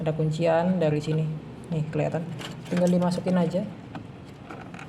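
A power supply cable connector with a plastic latch is handled and lined up with the motherboard power socket during PC assembly while someone talks. A few faint, short ticks come near the end at about 4.0, 4.5 and 4.8 seconds. The connector has not seated or clicked into the socket yet.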